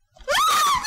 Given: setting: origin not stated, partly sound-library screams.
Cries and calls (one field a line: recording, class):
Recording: one-second piece from a danger detection set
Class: woman in danger